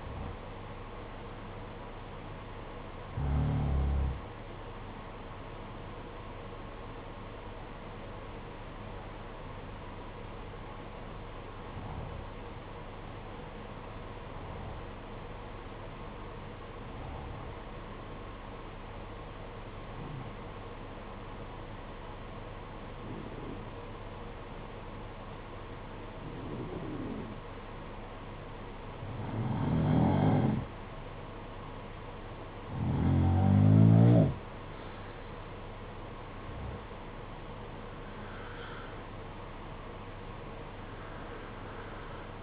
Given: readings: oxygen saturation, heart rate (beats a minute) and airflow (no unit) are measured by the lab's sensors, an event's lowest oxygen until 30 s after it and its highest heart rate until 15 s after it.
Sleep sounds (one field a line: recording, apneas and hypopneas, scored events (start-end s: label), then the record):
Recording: breathing in sleep by a voice recorder at the bedside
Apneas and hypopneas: 1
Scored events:
3.00-34.80 s: hypopnea (N1, oxygen 95% highest, then 88% lowest, heart rate 54 at the start, 64 highest)
21.00-42.42 s: new sleep stage, N2 (light sleep)
From the record:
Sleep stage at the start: N1 (lightest sleep)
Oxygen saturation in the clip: 88 to 95%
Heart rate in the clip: 52 to 64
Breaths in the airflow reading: 13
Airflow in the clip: -6.6 to 6.7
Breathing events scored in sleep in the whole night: 476 in 9.7 hours asleep